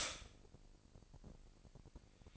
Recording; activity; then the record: daily activity, microphone in the room; stop toaster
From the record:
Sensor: 5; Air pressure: 1007.3 hPa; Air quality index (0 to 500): 131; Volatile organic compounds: 2 ppm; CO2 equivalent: 996 ppm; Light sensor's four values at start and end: 26/60/24/25 and 26/60/24/25